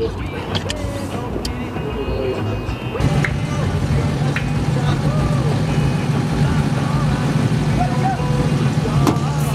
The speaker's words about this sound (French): Mais non, je découvre avec vous. Je ne savais pas qu'il y avait une pétarade à la fin comme ça. Petit morceau caché.